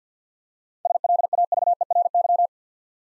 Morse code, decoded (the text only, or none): SLAVERY